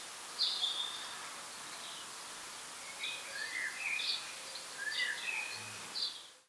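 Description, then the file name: House sparrow chirps, a scatter of short bright notes, some overlapping and uneven in timing, over a steady hiss of background noise. "Passer domesticus"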